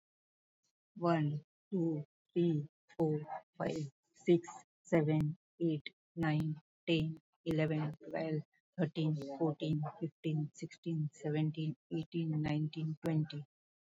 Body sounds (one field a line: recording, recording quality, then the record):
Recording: counting at a normal pace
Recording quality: excellent, no background noise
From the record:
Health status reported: healthy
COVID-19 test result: negative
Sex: female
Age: 53 years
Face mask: worn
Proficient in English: yes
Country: India